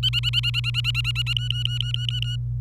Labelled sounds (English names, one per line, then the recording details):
Domestic Canary song
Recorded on 26 April 2018 at 12:42
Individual llb3